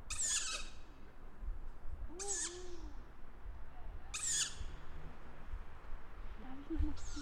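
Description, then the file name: Tawny owl giving harsh, wheezy hissing calls, each about half a second long, repeated roughly every two seconds, four in all, over a low background rumble. "waldkauz"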